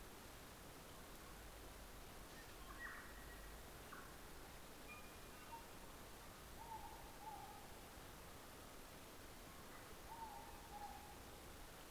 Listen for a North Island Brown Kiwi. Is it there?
no